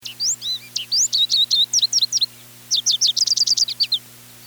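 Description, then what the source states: American goldfinch song: a lively jumble of high, sweet, twittering notes with rising and falling slurs, pausing briefly before a faster run of chips; faint steady hum underneath. Known as the wild canary.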